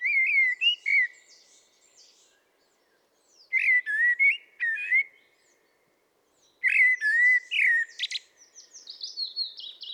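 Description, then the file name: Common blackbird song in three phrases a few seconds apart, each of low mellow whistles ending in high, squeaky twittering. "Turdus merula"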